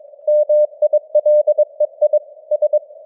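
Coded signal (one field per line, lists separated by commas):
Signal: Morse code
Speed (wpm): 22 wpm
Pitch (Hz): 600 Hz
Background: none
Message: MILEI S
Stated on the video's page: Computer-generated news headlines in Morse at 22 wpm with simulated radio noise and varying signal strength (QSB).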